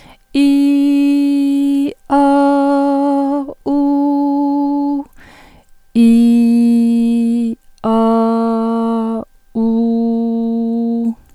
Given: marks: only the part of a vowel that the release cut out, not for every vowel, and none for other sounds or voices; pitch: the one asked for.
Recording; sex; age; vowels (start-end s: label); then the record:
sustained vowels; female; 90 to 99 years
0.42-1.83 s: vowel /i/, high pitch
2.20-3.37 s: vowel /a/, high pitch
3.72-4.97 s: vowel /u/, high pitch
6.07-7.48 s: vowel /i/, low pitch
7.88-9.16 s: vowel /a/, low pitch
9.60-11.05 s: vowel /u/, low pitch
From the record:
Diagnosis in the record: hyperfunctional dysphonia, dysodia (singing voice disorder); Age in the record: 90 years or older